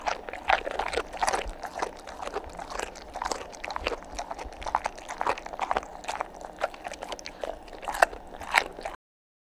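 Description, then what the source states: Dog eating, with rapid crunchy bites and clicks, then silence in the final half second. Dog eating and chomping.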